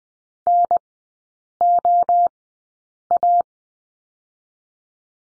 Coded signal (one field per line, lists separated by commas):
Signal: Morse code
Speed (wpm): 20 wpm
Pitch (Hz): 700 Hz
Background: none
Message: N O A